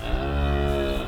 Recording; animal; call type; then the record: contact call of a hoofed animal; cattle; low-frequency (closed-mouth) or high-frequency (open-mouth) call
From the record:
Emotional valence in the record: negative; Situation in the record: full separation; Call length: 1.07 s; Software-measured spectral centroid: 2030 Hz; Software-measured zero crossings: 1200 a second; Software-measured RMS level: -24 dBFS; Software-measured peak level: -13 dBFS